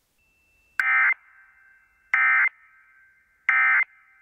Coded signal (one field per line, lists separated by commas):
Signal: Emergency Alert System (SAME) tones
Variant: end-of-message bursts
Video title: If Tom read an EAS Snow Squall Warning (Read Description)